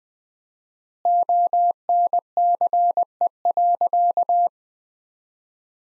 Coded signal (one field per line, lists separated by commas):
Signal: Morse code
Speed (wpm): 21 wpm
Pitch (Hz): 700 Hz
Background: none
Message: ONCE.